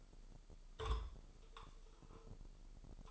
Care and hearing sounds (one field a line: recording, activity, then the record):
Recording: daily activity, microphone in the room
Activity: take from stove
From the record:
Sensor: 5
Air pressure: 995.5 hPa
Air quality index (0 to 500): 101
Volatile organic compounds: 6 ppm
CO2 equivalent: 1941 ppm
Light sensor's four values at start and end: 35/85/35/36 and 34/82/34/35